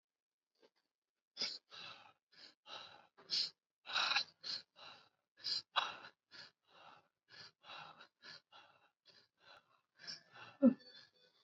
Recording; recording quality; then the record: deep breathing; excellent, no background noise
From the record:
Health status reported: COVID-19 positive, mild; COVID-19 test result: positive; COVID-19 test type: RT-PCR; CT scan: taken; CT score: 17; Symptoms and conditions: cough, breathing difficulty, fatigue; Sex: male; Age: 48 years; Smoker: no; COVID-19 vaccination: one dose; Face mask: not worn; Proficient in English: yes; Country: India